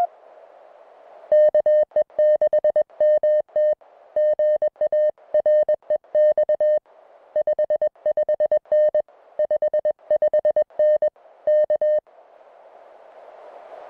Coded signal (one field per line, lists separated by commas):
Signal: Morse code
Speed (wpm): 21 wpm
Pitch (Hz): 590 Hz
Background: music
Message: KE6MT GA REX 55N 55N K